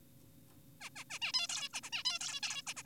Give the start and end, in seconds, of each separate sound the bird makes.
0.81-0.90, 0.96-1.04, 1.10-1.19, 1.22-1.32, 1.34-1.48, 1.49-1.69, 1.74-1.80, 1.83-1.90, 1.92-2.03, 2.05-2.19, 2.21-2.41, 2.43-2.62, 2.67-2.74, 2.77-2.83